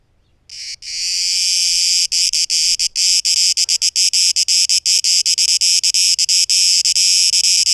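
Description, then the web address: Cicada song starting after half a second of quiet: a loud, high buzz swells, then is broken by many short gaps. Recorded 12 August 2023; tape echo mix. "rauschpartikel Audio 2023-08-12 Zikaden"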